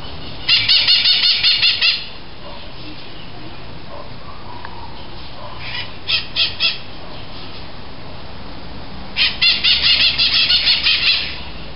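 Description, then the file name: Bird calls, bursts of rapid scratchy chattering notes at the start and end, with a brief softer group in the middle and a steady background hiss. "SABIOD 50 bird 2015"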